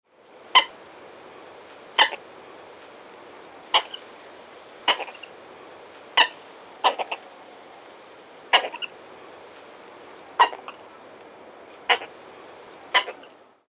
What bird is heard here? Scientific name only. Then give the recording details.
Gallinula chloropus. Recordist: Tembrock, Günter. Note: Rufe